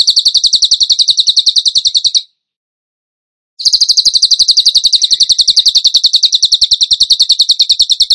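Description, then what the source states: Bird song: quick repeated high chips in a steady rapid series, broken by a pause of over a second before the same fast chipping resumes. Training recording (masteran) of a bird singing in the tembakan gacor style.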